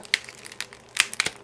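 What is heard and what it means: A plastic energy pack accessory is pressed onto the back of a NECA 1/4 scale closed-mouth Predator action figure and snaps into place with a sharp, loud click at 0.1 s. Softer crinkly plastic handling clicks follow around 0.6, 1.0 and 1.2 s, and the accessory ends up seated.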